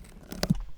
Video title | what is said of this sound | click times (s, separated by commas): FitCamX : Une dashcam à l’intégration parfaite | voilà donc là c'est clipsé | 0.4 s